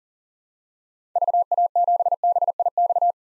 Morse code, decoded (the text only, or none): VA7BIX